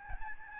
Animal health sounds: mosquito wingbeat signal from an infrared sensor; Aedes albopictus

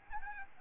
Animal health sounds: mosquito wingbeat signal from an infrared sensor; Aedes albopictus

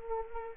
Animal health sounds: mosquito wingbeat signal from an infrared sensor; Anopheles arabiensis

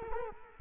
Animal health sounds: mosquito wingbeat signal from an infrared sensor; Culex quinquefasciatus

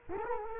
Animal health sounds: mosquito wingbeat signal from an infrared sensor; Culex quinquefasciatus

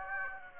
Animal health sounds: mosquito wingbeat signal from an infrared sensor; Aedes aegypti

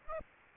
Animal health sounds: mosquito wingbeat signal from an infrared sensor; Aedes aegypti

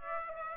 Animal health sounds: mosquito wingbeat signal from an infrared sensor; Aedes aegypti

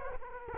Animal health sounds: mosquito wingbeat signal from an infrared sensor; Culex quinquefasciatus

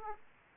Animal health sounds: mosquito wingbeat signal from an infrared sensor; Aedes aegypti

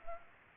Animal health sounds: mosquito wingbeat signal from an infrared sensor; Culex pipiens

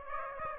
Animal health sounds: mosquito wingbeat signal from an infrared sensor; Aedes aegypti

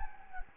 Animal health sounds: mosquito wingbeat signal from an infrared sensor; Anopheles gambiae

